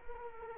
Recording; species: mosquito wingbeat signal from an infrared sensor; Culex quinquefasciatus